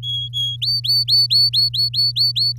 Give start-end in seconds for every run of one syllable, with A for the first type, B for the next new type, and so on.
0.03-0.56 A, 0.62-2.52 B